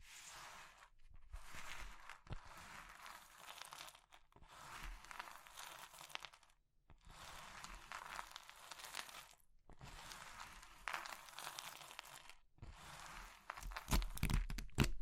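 Soft crushing sounds of crumbly material like chalk or meringue come in bursts of dense, bright crackle, each lasting one to two seconds, separated by short silent gaps. The crunching is irregular and gritty, with occasional sharper snaps, and grows louder near the end.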